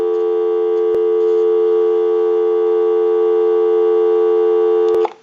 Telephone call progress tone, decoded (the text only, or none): dial tone